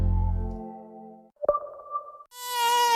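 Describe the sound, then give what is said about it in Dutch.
A mosquito's whining buzz comes in three steady bursts, each higher-pitched than the last, with a sharp click before the middle one. No one speaks. “Muggensteek of insectenbeet?”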